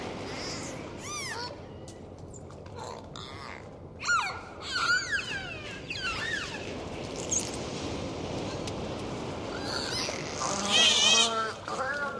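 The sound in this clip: Dolphin whistles scattered throughout, short rising and falling tones with a few clicks, over a constant hissing background.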